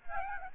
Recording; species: mosquito wingbeat signal from an infrared sensor; Aedes albopictus